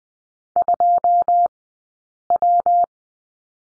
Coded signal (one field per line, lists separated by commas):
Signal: Morse code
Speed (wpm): 20 wpm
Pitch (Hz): 700 Hz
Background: none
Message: 2W